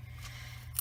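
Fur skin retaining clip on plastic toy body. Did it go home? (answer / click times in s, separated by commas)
released / 0.8 s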